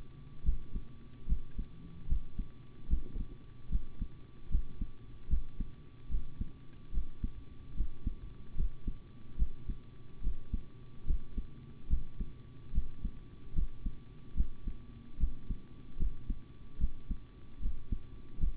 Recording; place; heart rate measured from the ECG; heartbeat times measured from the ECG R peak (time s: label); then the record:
heart sounds by stethoscope; between the tricuspid and mitral areas; 74 bpm
0.44 s: heartbeat
1.27 s: heartbeat
2.07 s: heartbeat
2.88 s: heartbeat
3.70 s: heartbeat
4.49 s: heartbeat
5.28 s: heartbeat
6.09 s: heartbeat
6.92 s: heartbeat
7.75 s: heartbeat
8.55 s: heartbeat
9.37 s: heartbeat
10.21 s: heartbeat
11.05 s: heartbeat
11.88 s: heartbeat
12.72 s: heartbeat
13.54 s: heartbeat
14.35 s: heartbeat
15.18 s: heartbeat
15.97 s: heartbeat
16.78 s: heartbeat
17.60 s: heartbeat
18.39 s: heartbeat
From the record:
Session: rest, sitting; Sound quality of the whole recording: good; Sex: male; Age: 25 years